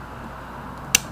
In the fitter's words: like that. You even get a click.